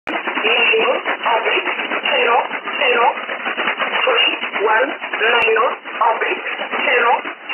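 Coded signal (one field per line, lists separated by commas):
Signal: numbers station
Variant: E11 Oblique, English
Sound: a voice reading short words through heavy radio hiss, evenly paced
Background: radio static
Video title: 16 09 2017 Numbers station E11 Oblique in English to Eu 0806 on 9200 unknown tx site in USB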